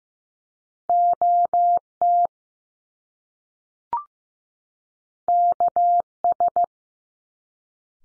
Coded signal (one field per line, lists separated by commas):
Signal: Morse code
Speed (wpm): 15 wpm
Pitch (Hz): 700 Hz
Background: none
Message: O T K S